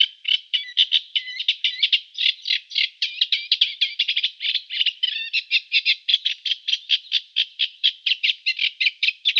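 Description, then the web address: Eurasian reed warbler song, a steady rhythmic chatter of harsh, scratchy notes and short whistles running continuously without a break. "Schulze Peter Reed Warbler song"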